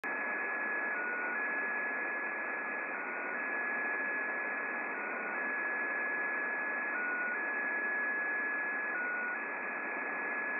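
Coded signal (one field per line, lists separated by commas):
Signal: unidentified radio signal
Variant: XPA2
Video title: XPA2 Spy Station 13538KHZ (Data) transmission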